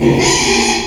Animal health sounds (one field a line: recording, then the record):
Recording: squeal of a Yucatan mini pig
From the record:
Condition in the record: after surgery on the right vocal fold (resection and tissue-engineered implant)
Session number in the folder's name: 2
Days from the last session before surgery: 13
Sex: male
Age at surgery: 12 weeks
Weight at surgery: 13 kg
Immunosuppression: cyclosporine, prednisolone